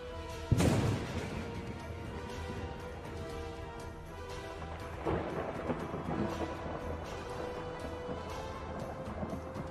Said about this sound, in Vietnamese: Vài đạo thân ảnh bất ngờ gào thét từ trên bầu trời xa xăm lao qua, bên cạnh còn có thiên lôi cuồn cuộn.